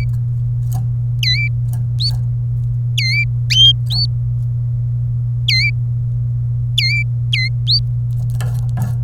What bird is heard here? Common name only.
Domestic Canary